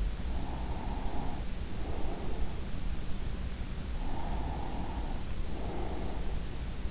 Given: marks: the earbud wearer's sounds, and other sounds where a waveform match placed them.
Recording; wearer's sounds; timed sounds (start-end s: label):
sounds in sleep by an in-ear microphone; breath
0.19-2.75 s: breath
3.94-6.51 s: breath